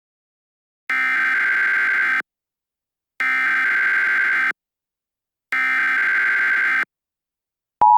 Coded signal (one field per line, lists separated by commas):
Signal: Emergency Alert System (SAME) tones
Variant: header bursts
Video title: The Ultimate Derecho - An EAS Scenario